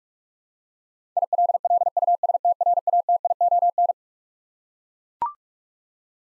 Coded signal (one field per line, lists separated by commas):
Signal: Morse code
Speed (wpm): 41 wpm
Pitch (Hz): 700 Hz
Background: none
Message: ILLUSTRATION